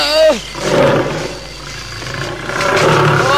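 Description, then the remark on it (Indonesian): A loud, growling male tiger roar rises and falls in rough, harmonic bursts, dipping in the middle before a second strong roar swells near the end. “Tahan kau harimau jahat.”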